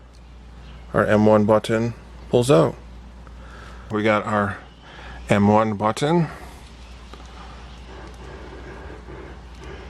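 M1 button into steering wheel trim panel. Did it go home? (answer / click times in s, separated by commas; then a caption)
no / none. Someone talks while handling a plastic M1 button that has just been pulled out of a BMW steering-wheel trim panel, lining it up before it is gently pushed back in. Only faint handling ticks are heard, around 3.3 s and 7.1 s. Nothing has seated or clicked yet.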